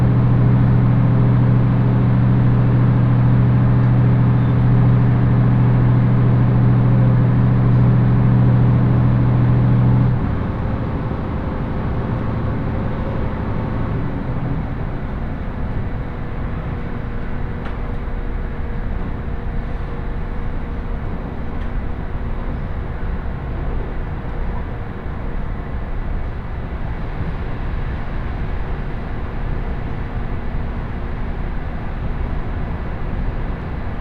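A ride aboard an HB-E210 hybrid railcar on the Senseki-Tohoku Line. A loud, steady engine drone with deep humming tones fills the first ten seconds, then drops sharply. A fainter hum lingers briefly before a quieter, even rumble of the moving train carries on to the end.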